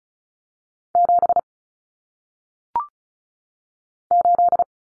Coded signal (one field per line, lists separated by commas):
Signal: Morse code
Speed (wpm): 35 wpm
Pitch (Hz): 700 Hz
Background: none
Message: 7 8